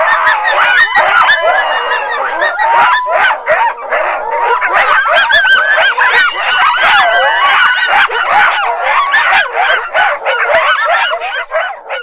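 Fox yips and squeals, a long, dense, chaotic chatter of many sliding high calls overlapping continuously throughout.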